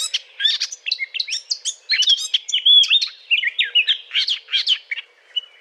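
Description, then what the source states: Eurasian blackcap song, a quick scratchy warble with several clearer whistled phrases in the middle, then fading out near the end. Courtship song.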